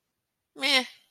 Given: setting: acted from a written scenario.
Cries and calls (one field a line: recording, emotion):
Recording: vocal sound without words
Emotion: neutral